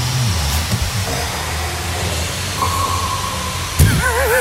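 A steady low rumble runs under a sustained whistling tone that holds at one pitch, then breaks into wavering, warbling pings. An adult man snoring in a hostel dorm, the snore tonal and whistle-like, sounding like an echolocator or sonar from a submarine, with a full echo, over room noise.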